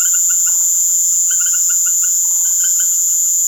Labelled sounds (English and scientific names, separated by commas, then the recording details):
none
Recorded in secondary vegetation near Puerto Asís, Putumayo, Colombia, on 25 June 2025 at 19:30
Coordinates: 0.489, -76.322
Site G021